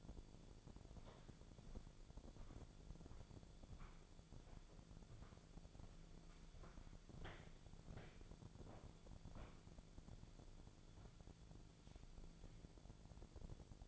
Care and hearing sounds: daily activity, microphone in the room; walk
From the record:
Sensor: 5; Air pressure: 1008.4 hPa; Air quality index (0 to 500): 153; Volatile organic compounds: 3 ppm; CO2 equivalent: 1473 ppm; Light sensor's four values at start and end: 65/181/71/72 and 65/180/71/72

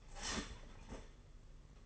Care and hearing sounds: daily activity, microphone in the room; start toaster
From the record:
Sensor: 4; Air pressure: 992.4 hPa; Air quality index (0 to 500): 144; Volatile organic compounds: 82 ppm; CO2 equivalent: 3621 ppm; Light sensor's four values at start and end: 17/61/22/23 and 17/61/22/23

